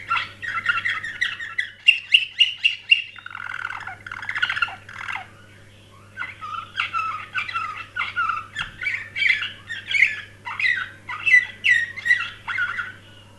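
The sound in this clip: Canary singing continuously in varied, fast trilled phrases and chirps, a brief quieter pause midway, with a steady low hum underneath.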